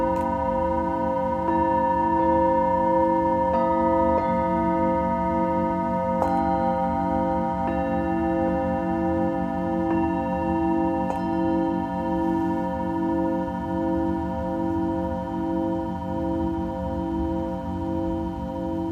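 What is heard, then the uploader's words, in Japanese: A singing bowl rings in a steady, sustained hum with a low pulsing waver running underneath. Fresh strikes arrive every couple of seconds, each adding a bright ringing overtone that lingers over the drone. The level stays even throughout. メキシコから シンギングボウルのサウンドヒーリング。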